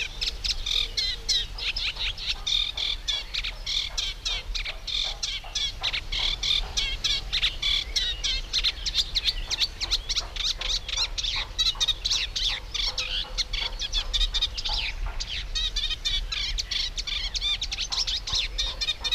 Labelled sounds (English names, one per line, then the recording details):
Eurasian Reed Warbler song
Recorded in the wild
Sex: male
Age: adult
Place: Schönerlinde, Naturpark Barnim, Brandenburg, DE
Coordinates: 52.6511, 13.4033
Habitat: pond
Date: 1991-06-09 10:09
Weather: partly sunny, 15 - 17°C
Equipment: Marantz, Sennheiser ME 80, Kopie Tesla B 116
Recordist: Tembrock, Günter